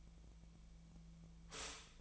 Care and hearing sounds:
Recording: daily activity, microphone in the room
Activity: stop toaster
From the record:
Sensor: 1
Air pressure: 1009.2 hPa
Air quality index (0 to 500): 196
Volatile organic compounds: 20 ppm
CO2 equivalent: 2676 ppm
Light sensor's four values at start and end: 28/71/29/35 and 28/71/29/35

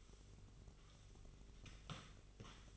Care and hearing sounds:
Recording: daily activity, microphone in the room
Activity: sweep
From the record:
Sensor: 4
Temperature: 27.9 degrees Celsius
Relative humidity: 34.3%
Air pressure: 1002.4 hPa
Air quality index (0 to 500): 216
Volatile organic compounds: 12 ppm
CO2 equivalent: 2330 ppm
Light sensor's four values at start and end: 19/68/25/25 and 19/68/25/25

